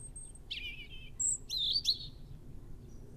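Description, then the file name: European robin song phrase: a thin high whistle, then a sweet descending warble and sharp high twittering notes, over faint low background rumble. "Erithacus rubecula"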